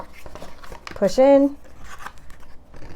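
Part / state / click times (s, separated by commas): cardstock box tab into box slot / not seated / none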